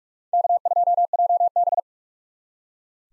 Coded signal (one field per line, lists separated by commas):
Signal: Morse code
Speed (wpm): 41 wpm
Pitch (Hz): 700 Hz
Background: none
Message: K2JB